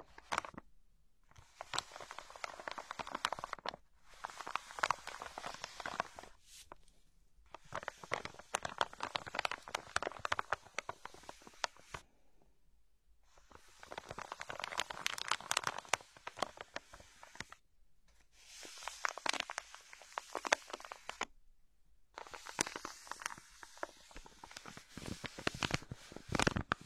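Trigger sounds made with everyday plastic items: dense, crinkly crackling and rustling in bright, busy bursts. Each burst lasts a few seconds and is separated by short silences, with several passes over the 27 seconds and no speech.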